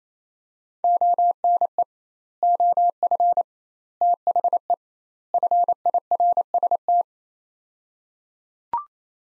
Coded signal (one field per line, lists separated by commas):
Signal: Morse code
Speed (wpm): 28 wpm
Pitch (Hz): 700 Hz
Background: none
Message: ONE OF THE FIRST